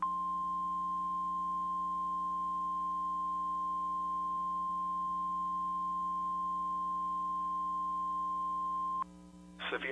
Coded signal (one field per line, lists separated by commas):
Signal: Emergency Alert System (SAME) tones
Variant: 1050 Hz attention tone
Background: speech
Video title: severe thunderstorm warning [EAS mock, read desc]